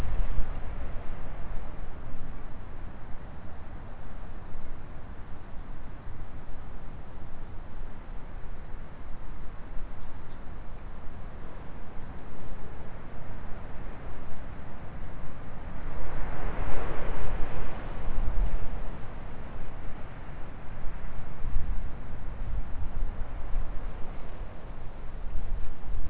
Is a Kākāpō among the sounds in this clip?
no